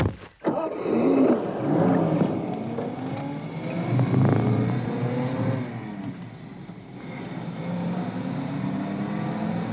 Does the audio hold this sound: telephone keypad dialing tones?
no